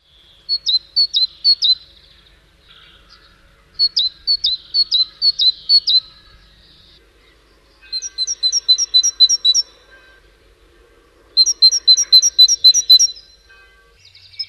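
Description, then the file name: Great tit song, bright two-note 'teacher' phrases repeated rapidly in four bursts of about two seconds each, separated by short pauses. "musvit"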